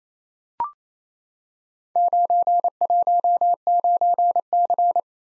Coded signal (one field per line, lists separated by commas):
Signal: Morse code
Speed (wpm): 29 wpm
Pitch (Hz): 700 Hz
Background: none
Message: 919C